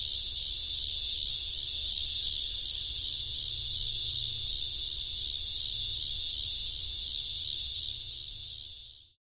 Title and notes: The trees were filled with 17-year cicadas.